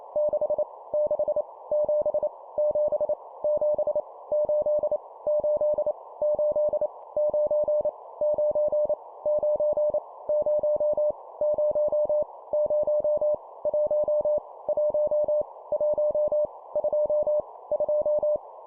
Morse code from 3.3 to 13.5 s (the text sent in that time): 7 8 8 8 9 9 9 0 0 0